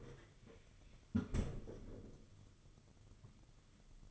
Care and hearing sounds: daily activity, microphone in the room; close fridge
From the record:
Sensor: 4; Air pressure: 995.2 hPa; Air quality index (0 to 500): 210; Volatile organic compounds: 222 ppm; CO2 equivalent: 4284 ppm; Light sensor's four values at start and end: 32/101/38/42 and 33/103/39/43

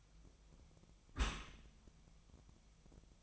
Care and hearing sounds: daily activity, microphone in the room; close dishwasher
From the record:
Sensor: 1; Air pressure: 1004.7 hPa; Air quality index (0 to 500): 118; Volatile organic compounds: 4 ppm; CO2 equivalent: 1636 ppm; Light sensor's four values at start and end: 9/21/8/9 and 9/21/8/9

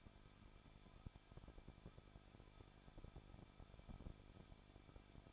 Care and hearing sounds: daily activity, microphone in the room; no activity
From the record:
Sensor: 5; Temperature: 20.8 degrees Celsius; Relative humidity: 38.6%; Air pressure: 1006.4 hPa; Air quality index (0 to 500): 192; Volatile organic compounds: 21 ppm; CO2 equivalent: 2712 ppm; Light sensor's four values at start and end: 2/3/1/1 and 2/3/1/1

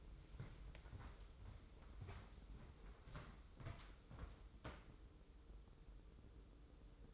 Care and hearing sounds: daily activity, microphone in the room; walk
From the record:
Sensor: 3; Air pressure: 995.9 hPa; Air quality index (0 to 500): 249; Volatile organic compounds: 1000 ppm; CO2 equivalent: 6368 ppm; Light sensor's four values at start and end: 43/105/46/50 and 43/104/45/49

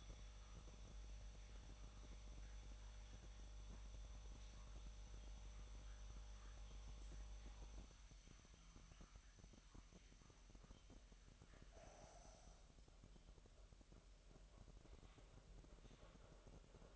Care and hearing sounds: daily activity, microphone in the room; make coffee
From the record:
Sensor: 3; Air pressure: 1002.0 hPa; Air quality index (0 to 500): 247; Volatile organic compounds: 51 ppm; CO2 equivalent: 3311 ppm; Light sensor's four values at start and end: 12/37/16/13 and 12/37/16/13

